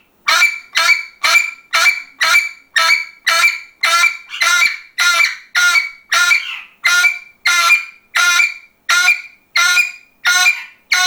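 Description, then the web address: Parrot calls: steady, loud, grating notes repeated nearly twice a second throughout, each harsh and rich in overtones. "попугай"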